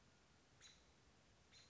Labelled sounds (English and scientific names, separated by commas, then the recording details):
American Robin (Turdus migratorius)
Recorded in Sonoma County, California